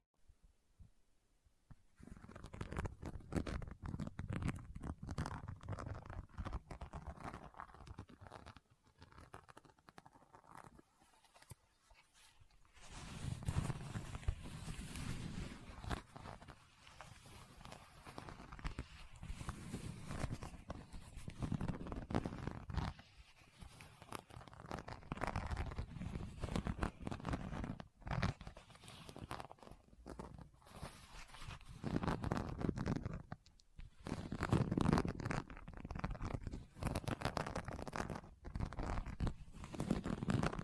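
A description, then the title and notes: Items are rummaged through and pulled from a bag, with crinkling, rustling and soft thumps that come in dense, uneven bursts. A quiet stretch opens the clip, then the handling grows busier and more constant after about thirteen seconds, with occasional sharper taps and rips. ASMR What's In My Bag (No Talking).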